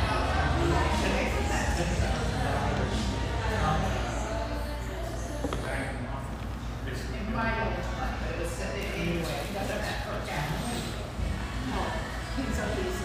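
Lively chatter fills a busy tea room, many voices overlapping into a steady, dense murmur with occasional clearer words and laughs standing out. A low hum runs underneath throughout, and small clinks and taps of dishes break in now and then.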